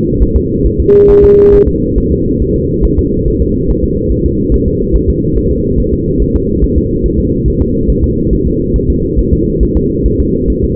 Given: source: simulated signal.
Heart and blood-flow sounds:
fetal heart sounds
0.22 s: S1
0.36 s: S2
0.66 s: S1
0.80 s: S2
1.10 s: S1
1.24 s: S2
1.54 s: S1
1.68 s: S2
1.98 s: S1
2.12 s: S2
2.42 s: S1
2.56 s: S2
2.85 s: S1
2.99 s: S2
3.28 s: S1
3.42 s: S2
3.70 s: S1
3.84 s: S2
4.12 s: S1
4.26 s: S2
4.54 s: S1
4.68 s: S2
4.96 s: S1
5.10 s: S2
5.38 s: S1
5.52 s: S2
5.80 s: S1
5.94 s: S2
6.22 s: S1
6.36 s: S2
6.64 s: S1
6.78 s: S2
7.06 s: S1
7.20 s: S2
7.48 s: S1
7.62 s: S2
7.90 s: S1
8.04 s: S2
8.33 s: S1
8.47 s: S2
8.76 s: S1
8.90 s: S2
9.19 s: S1
9.33 s: S2
9.63 s: S1
9.77 s: S2
10.06 s: S1
10.20 s: S2
10.50 s: S1
10.64 s: S2
From the record:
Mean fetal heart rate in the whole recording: 140 bpm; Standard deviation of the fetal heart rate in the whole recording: 2 bpm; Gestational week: 34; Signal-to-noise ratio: -14.7 dB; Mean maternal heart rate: 72 bpm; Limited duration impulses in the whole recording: present

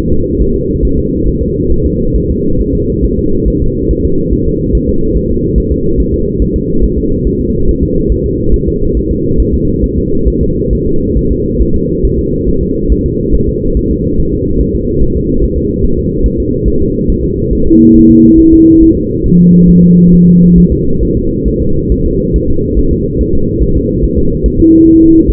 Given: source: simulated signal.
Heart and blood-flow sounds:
fetal heart sounds
0.13 s: S2
0.42 s: S1
0.56 s: S2
0.85 s: S1
0.99 s: S2
1.28 s: S1
1.43 s: S2
1.72 s: S1
1.86 s: S2
2.16 s: S1
2.31 s: S2
2.60 s: S1
2.75 s: S2
3.04 s: S1
3.19 s: S2
3.48 s: S1
3.62 s: S2
3.91 s: S1
4.05 s: S2
4.33 s: S1
4.47 s: S2
4.75 s: S1
4.89 s: S2
5.16 s: S1
5.31 s: S2
5.58 s: S1
5.72 s: S2
6.00 s: S1
6.14 s: S2
6.42 s: S1
6.56 s: S2
6.84 s: S1
6.99 s: S2
7.27 s: S1
7.41 s: S2
7.69 s: S1
7.83 s: S2
8.12 s: S1
8.26 s: S2
8.54 s: S1
8.68 s: S2
8.97 s: S1
9.11 s: S2
9.40 s: S1
9.54 s: S2
9.84 s: S1
9.98 s: S2
10.28 s: S1
10.43 s: S2
10.73 s: S1
10.87 s: S2
11.17 s: S1
11.31 s: S2
11.62 s: S1
11.76 s: S2
12.05 s: S1
12.19 s: S2
12.49 s: S1
12.63 s: S2
12.92 s: S1
13.06 s: S2
13.35 s: S1
13.49 s: S2
13.77 s: S1
13.91 s: S2
14.19 s: S1
14.34 s: S2
14.61 s: S1
14.75 s: S2
15.03 s: S1
15.17 s: S2
15.44 s: S1
15.58 s: S2
15.84 s: S1
15.99 s: S2
16.26 s: S1
16.40 s: S2
16.68 s: S1
16.82 s: S2
17.10 s: S1
17.24 s: S2
17.53 s: S1
17.67 s: S2
17.96 s: S1
18.10 s: S2
18.40 s: S1
18.54 s: S2
18.83 s: S1
18.97 s: S2
19.26 s: S1
19.40 s: S2
19.69 s: S1
19.84 s: S2
20.13 s: S1
20.28 s: S2
20.58 s: S1
20.72 s: S2
21.03 s: S1
21.17 s: S2
21.48 s: S1
21.62 s: S2
21.92 s: S1
22.06 s: S2
22.36 s: S1
22.50 s: S2
22.79 s: S1
22.93 s: S2
23.21 s: S1
23.35 s: S2
23.63 s: S1
23.77 s: S2
24.04 s: S1
24.19 s: S2
24.46 s: S1
24.60 s: S2
24.88 s: S1
25.02 s: S2
25.30 s: S1
From the record:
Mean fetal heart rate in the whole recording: 140 bpm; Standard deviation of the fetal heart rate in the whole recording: 2 bpm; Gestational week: 34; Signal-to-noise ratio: -16.4 dB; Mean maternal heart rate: 72 bpm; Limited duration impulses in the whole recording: present

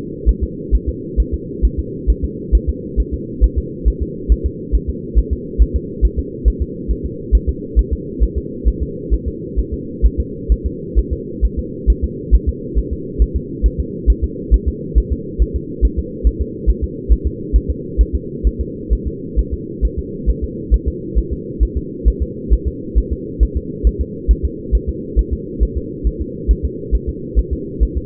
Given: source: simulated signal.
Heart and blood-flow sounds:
fetal heart sounds
0.29 s: S1
0.43 s: S2
0.75 s: S1
0.89 s: S2
1.20 s: S1
1.34 s: S2
1.65 s: S1
1.79 s: S2
2.10 s: S1
2.25 s: S2
2.55 s: S1
2.69 s: S2
3.00 s: S1
3.14 s: S2
3.44 s: S1
3.58 s: S2
3.88 s: S1
4.02 s: S2
4.32 s: S1
4.46 s: S2
4.75 s: S1
4.89 s: S2
5.18 s: S1
5.33 s: S2
5.62 s: S1
5.76 s: S2
6.05 s: S1
6.19 s: S2
6.48 s: S1
6.62 s: S2
6.91 s: S1
7.06 s: S2
7.35 s: S1
7.49 s: S2
7.79 s: S1
7.93 s: S2
8.23 s: S1
8.38 s: S2
8.68 s: S1
8.83 s: S2
9.14 s: S1
9.28 s: S2
9.59 s: S1
9.74 s: S2
10.06 s: S1
10.20 s: S2
10.52 s: S1
10.66 s: S2
10.98 s: S1
11.13 s: S2
11.45 s: S1
11.59 s: S2
11.90 s: S1
12.04 s: S2
12.35 s: S1
12.49 s: S2
12.78 s: S1
12.93 s: S2
13.22 s: S1
13.36 s: S2
13.66 s: S1
13.80 s: S2
14.10 s: S1
14.24 s: S2
14.54 s: S1
14.68 s: S2
14.98 s: S1
15.12 s: S2
15.42 s: S1
15.56 s: S2
15.85 s: S1
15.99 s: S2
16.27 s: S1
16.42 s: S2
16.69 s: S1
16.84 s: S2
17.12 s: S1
17.27 s: S2
17.56 s: S1
17.70 s: S2
18.01 s: S1
18.15 s: S2
18.47 s: S1
18.61 s: S2
18.93 s: S1
19.07 s: S2
19.39 s: S1
19.54 s: S2
19.85 s: S1
19.99 s: S2
20.29 s: S1
20.44 s: S2
20.74 s: S1
20.88 s: S2
21.18 s: S1
21.33 s: S2
21.63 s: S1
21.77 s: S2
22.08 s: S1
22.22 s: S2
22.53 s: S1
22.68 s: S2
22.98 s: S1
23.13 s: S2
23.43 s: S1
23.57 s: S2
23.87 s: S1
24.01 s: S2
24.31 s: S1
24.45 s: S2
24.75 s: S1
24.89 s: S2
25.19 s: S1
25.33 s: S2
25.63 s: S1
25.77 s: S2
26.07 s: S1
26.21 s: S2
26.51 s: S1
26.65 s: S2
26.95 s: S1
27.09 s: S2
27.39 s: S1
27.53 s: S2
27.83 s: S1
27.97 s: S2
From the record:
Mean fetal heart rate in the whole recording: 135 bpm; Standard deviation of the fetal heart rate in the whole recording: 3 bpm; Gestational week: 34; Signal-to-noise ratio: -4.1 dB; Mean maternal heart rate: no maternal heart sound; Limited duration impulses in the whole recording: absent

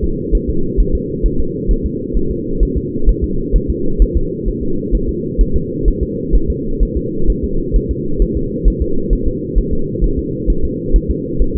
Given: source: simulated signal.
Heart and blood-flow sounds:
fetal heart sounds
0.04 s: S2
0.35 s: S1
0.50 s: S2
0.80 s: S1
0.95 s: S2
1.26 s: S1
1.40 s: S2
1.71 s: S1
1.86 s: S2
2.17 s: S1
2.31 s: S2
2.63 s: S1
2.77 s: S2
3.09 s: S1
3.24 s: S2
3.56 s: S1
3.70 s: S2
4.02 s: S1
4.17 s: S2
4.48 s: S1
4.63 s: S2
4.95 s: S1
5.09 s: S2
5.41 s: S1
5.56 s: S2
5.88 s: S1
6.03 s: S2
6.35 s: S1
6.50 s: S2
6.83 s: S1
6.97 s: S2
7.30 s: S1
7.44 s: S2
7.76 s: S1
7.91 s: S2
8.22 s: S1
8.37 s: S2
8.68 s: S1
8.82 s: S2
9.13 s: S1
9.28 s: S2
9.58 s: S1
9.73 s: S2
10.04 s: S1
10.19 s: S2
10.50 s: S1
10.65 s: S2
10.96 s: S1
11.11 s: S2
11.42 s: S1
11.56 s: S2
From the record:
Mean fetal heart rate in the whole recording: 130 bpm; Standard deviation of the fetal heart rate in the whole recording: 2 bpm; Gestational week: 36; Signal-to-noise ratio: -8.1 dB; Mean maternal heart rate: 72 bpm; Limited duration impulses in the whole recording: absent

